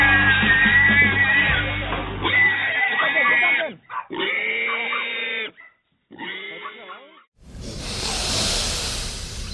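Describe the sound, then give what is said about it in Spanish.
Pigs squeal and grunt in several loud, high-pitched bursts separated by short pauses, and the sequence ends with a stretch of broad hissing noise; pigs raised and sold under the Super Cerdo brand. “Fiel a nuestra política de diversificación y aprovechando la experiencia obtenida en la producción de pollos, en 1984 iniciamos la crianza y comercialización de cerdos, los que hoy son distribuidos bajo la marca Super Cerdo.”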